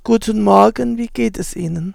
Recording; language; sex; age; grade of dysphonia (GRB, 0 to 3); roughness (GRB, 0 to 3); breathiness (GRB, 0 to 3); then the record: spoken sentence; German; female; 60 to 69 years; 2; 1; 2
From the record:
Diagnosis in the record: vallecular cyst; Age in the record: 62 years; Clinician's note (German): Links, Stimmlippen zeigen unauffälliges Schwingungsbild